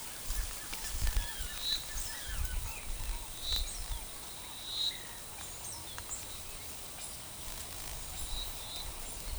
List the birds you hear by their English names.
Groove-billed Ani